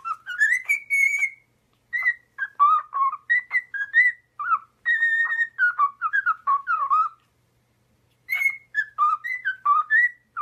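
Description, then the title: Cockatiel whistling a long, warbling phrase of quick gliding notes that rise and fall, a pause, then a second phrase. Several cockatiels, whistling song. "Calopsitas Cantando Assobio"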